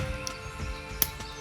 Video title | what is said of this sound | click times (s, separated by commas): Most Popular JURASSIC WORLD Collections! APATOSAURUS, TREX, SUCHOMIMUS & More Dinosaur Figures | and it clicks right in there wow look at that and on the other side | 1.0 s